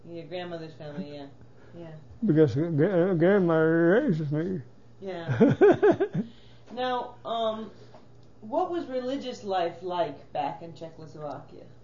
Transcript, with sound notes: Your grandmother's family, yeah.
Because Grandmother raised me. (he laughs)
Now what was religious life like back in Czechoslovakia?